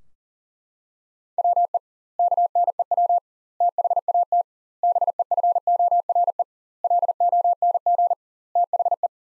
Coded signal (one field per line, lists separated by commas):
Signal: Morse code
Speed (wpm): 40 wpm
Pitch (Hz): 700 Hz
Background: none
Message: WE KNEW THAT BEFORE LONG THE